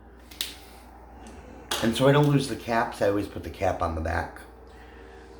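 A plastic marker pen is popped out of a craft cutting machine's clamp to swap colours, with a sharp click at 0.4 s as it releases. Someone then talks.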